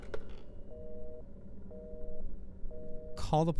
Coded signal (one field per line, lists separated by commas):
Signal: telephone call progress tone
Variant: North America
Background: speech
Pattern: busy tone